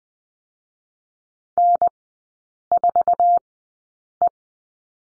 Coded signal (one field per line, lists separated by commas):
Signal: Morse code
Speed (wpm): 20 wpm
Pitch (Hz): 700 Hz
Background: none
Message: N4E